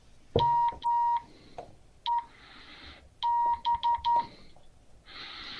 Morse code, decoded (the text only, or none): MEB